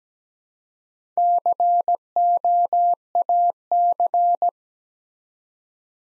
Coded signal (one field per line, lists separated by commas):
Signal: Morse code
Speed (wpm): 17 wpm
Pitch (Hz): 700 Hz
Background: none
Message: COAC